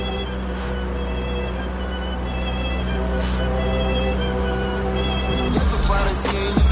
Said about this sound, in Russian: Машину, машина не заводится. Заработало. Дым из выхлопной трубы.